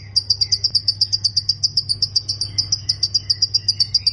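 Plain prinia singing a fast run of sharp high notes throughout, with a constant low hum beneath.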